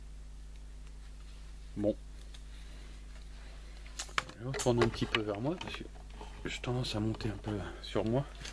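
A plastic part of a Playmobil Darksters truck (5154) toy is handled near the toy truck body it clips into. There are a soft bump around 1.8 s and a sharp tap around 4.2 s while someone talks over a steady low hum. Nothing has seated or clicked into place yet.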